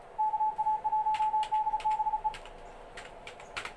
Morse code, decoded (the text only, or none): KA1DBE